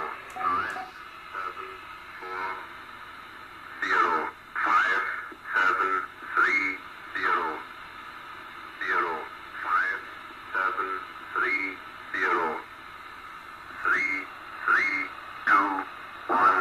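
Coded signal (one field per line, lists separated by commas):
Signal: numbers station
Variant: E06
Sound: a flat synthetic-sounding voice reading short words at steady, even intervals over shortwave hiss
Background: radio static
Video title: E06 Russian numbers station on 7844 kHz AM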